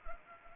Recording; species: mosquito wingbeat signal from an infrared sensor; Culex pipiens